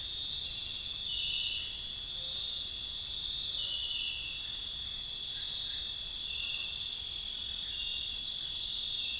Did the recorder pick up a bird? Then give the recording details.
no. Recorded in pastures near Puerto Asís, Putumayo, Colombia, on 22 June 2025 at 22:00. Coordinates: 0.466, -76.322. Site GP07